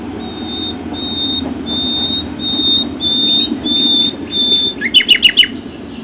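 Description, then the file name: Common nightingale song: a run of high, pure drawn-out whistles on one pitch, ending in a rapid, loud clicking rattle, over low background hum. "Luscinia megarhynchos"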